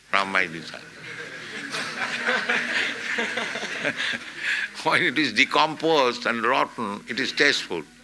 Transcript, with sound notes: from my disciples. [laughter] When it is decomposed and rotten, it is tasteful.